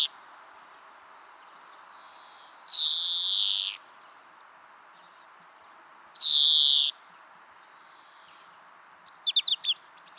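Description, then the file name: European greenfinch making two long, rasping nasal wheezes a few seconds apart, ending with a rapid flurry of short chipping notes. "Chloris chloris"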